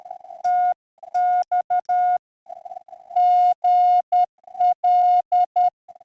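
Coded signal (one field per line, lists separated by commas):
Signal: Morse code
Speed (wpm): 10 wpm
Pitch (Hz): 720 Hz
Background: none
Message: TX GL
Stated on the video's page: Slow speed Morse test transmission.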